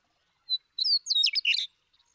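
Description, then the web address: Western meadowlark song beginning with a brief whistle, then a quick, complex run of bright flutey and gurgling notes packed into about one second. "birdsongforthecurious Western Meadowlark"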